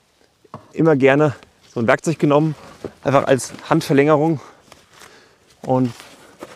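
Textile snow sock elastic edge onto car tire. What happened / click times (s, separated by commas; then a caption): The soft cover is still being worked on and has not seated / none. Someone talks while handling a Michelin Easy Grip Evo textile snow sock on a car tire, using a tool as a hand extension to push its rear elastic edge over the back of the tire. Brief soft knocks and rustles come between the speech. Nothing has seated or snapped in yet.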